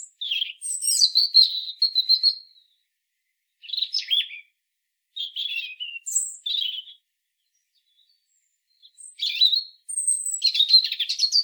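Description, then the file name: European robin song of varied high phrases: a long warbled run, short twittering bursts, then a final mix of thin whistles and scratchy trills, with brief pauses. "Erithacus rubecula"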